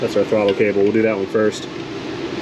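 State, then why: Not seated. Someone talks while handling the throttle cable on a Jeep 4.0 Cherokee/Wrangler engine, about to flip it into its plastic bracket on the engine. A steady low hum continues underneath once the talking stops. Nothing has seated or clicked yet.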